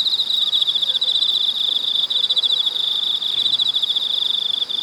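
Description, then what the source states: Cicadas singing in a steady, high, pulsing drone that throbs rapidly without pause, with fainter higher overtones shimmering above it. Cicadas recorded in China.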